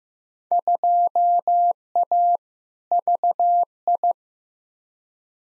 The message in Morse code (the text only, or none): 2A VI